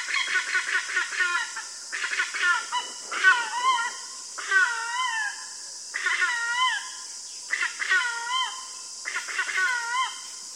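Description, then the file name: Black-casqued hornbill giving loud nasal honking calls with harmonics, in bursts of several notes roughly every one to two seconds, over a steady high hiss. "feketesisakos szarvascsoru hanjja"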